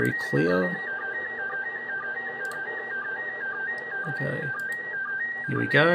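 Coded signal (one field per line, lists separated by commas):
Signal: SSTV (slow-scan television)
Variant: PD 120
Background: speech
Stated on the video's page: SSTV images sent by the International Space Station on 145.800 MHz.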